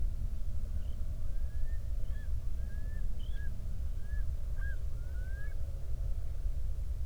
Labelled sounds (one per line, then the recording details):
loon
wind
man-made sound
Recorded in the Prudhoe Bay oil fields, Alaska, on 31 July 2019 at 08:08
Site 24